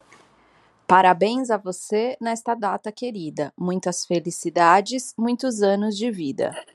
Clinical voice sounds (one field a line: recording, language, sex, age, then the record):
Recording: short text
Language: Brazilian Portuguese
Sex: female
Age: 30 to 39 years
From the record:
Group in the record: control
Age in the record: 38 years